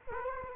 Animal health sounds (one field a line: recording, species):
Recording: mosquito wingbeat signal from an infrared sensor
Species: Culex quinquefasciatus